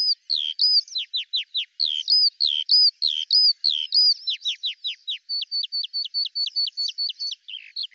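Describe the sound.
Eurasian skylark song: rapid high chirps and descending slurs, with a quick even run of repeated clipped notes near the end, continuous throughout.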